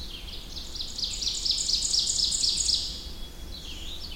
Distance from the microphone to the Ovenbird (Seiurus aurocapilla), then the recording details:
about 30 m. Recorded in boreal forest in Alberta, Canada, on 21 June 2016 at 06:51. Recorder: SongMeter 3, array SBT-6-81. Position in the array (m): 29 m, 96 m. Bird 24